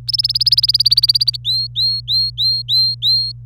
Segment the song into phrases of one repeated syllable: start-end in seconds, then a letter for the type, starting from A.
0.08-1.36 A, 1.45-3.32 B